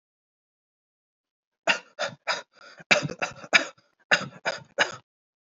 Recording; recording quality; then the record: shallow voluntary cough; excellent, no background noise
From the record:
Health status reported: healthy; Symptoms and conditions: none ticked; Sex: male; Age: 29 years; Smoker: not ticked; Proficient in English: yes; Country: India